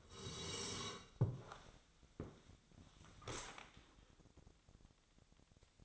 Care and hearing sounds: daily activity, microphone in the room; sit down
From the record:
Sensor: 3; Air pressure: 1000.4 hPa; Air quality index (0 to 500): 169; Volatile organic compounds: 3 ppm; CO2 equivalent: 1472 ppm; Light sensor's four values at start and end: 14/33/14/15 and 14/33/14/14

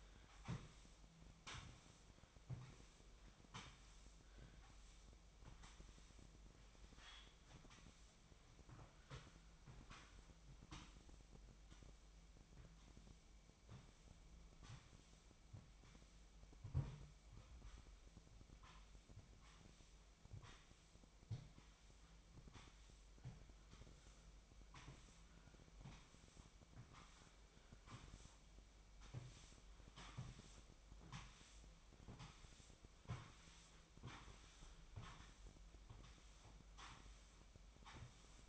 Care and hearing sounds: daily activity, microphone in the room; sweep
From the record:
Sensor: 1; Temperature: 24.7 degrees Celsius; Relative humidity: 39.7%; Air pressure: 1001.6 hPa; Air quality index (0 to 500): 220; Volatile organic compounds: 29 ppm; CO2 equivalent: 2933 ppm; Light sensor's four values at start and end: 8/29/10/11 and 8/29/10/11

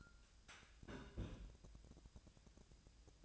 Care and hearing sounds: daily activity, microphone in the room; place on stove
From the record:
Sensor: 2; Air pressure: 999.8 hPa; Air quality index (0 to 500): 123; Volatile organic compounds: 2 ppm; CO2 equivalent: 1060 ppm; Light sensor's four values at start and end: 35/87/38/42 and 35/86/37/42

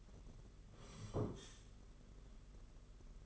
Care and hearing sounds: daily activity, microphone in the room; sit down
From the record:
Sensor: 4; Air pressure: 992.5 hPa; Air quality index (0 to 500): 119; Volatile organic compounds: 29 ppm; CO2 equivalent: 2927 ppm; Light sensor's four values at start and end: 20/72/26/28 and 20/72/26/28

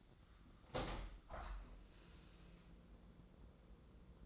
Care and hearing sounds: daily activity, microphone in the room; open window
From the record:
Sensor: 3

